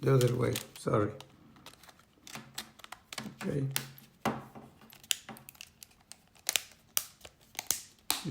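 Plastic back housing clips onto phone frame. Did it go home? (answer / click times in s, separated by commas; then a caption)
yes / 5.1 s, 7.0 s, 8.1 s. Someone talks while the plastic back housing of an LG777 cellphone is pressed onto the phone frame. Its clips snap in one after another with sharp clicks at 5.1, 7.0 and 8.1 seconds, and the housing is seated.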